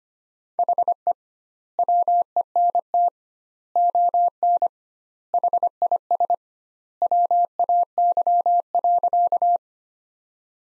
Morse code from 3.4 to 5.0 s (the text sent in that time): ON